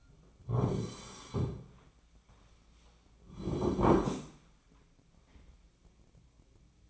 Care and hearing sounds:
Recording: daily activity, microphone in the room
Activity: sit down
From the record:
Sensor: 1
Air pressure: 1009.3 hPa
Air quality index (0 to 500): 177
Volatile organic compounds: 3 ppm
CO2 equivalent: 1495 ppm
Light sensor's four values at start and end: 40/105/44/52 and 42/113/47/55

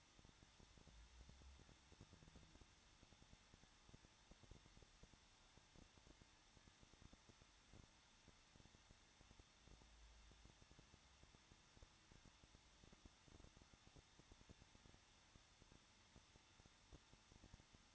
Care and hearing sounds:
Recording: daily activity, microphone in the room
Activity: no activity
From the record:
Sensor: 3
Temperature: 21.2 degrees Celsius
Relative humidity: 36.4%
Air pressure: 1006.3 hPa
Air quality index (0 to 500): 223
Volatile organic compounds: 43 ppm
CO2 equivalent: 3200 ppm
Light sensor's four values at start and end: 2/3/2/2 and 2/3/2/2

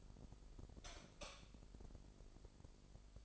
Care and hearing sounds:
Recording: daily activity, microphone in the room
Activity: light off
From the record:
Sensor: 5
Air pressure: 995.4 hPa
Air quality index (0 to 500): 94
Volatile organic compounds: 5 ppm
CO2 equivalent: 1780 ppm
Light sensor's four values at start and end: 36/87/35/35 and 35/81/33/33

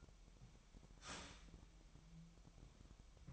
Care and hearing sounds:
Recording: daily activity, microphone in the room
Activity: start toaster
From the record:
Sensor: 1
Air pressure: 1002.0 hPa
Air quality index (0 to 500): 241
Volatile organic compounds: 45 ppm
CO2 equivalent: 3227 ppm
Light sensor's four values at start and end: 10/35/12/14 and 10/35/12/14

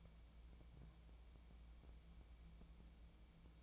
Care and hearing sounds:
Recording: daily activity, microphone in the room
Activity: take from stove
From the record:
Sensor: 1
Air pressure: 1000.0 hPa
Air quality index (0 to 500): 134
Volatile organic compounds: 2 ppm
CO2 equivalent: 1264 ppm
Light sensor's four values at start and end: 43/108/45/57 and 43/108/45/56

